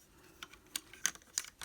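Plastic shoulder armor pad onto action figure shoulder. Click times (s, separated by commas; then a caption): 0.8 s, 1.1 s, 1.4 s. A plastic shoulder armor pad with rectangular pegs is slid into the slots on an action figure's shoulder and snapped on. Sharp plastic snaps are heard at 0.8, 1.1 and 1.4 seconds among softer ticks, and the pad is seated.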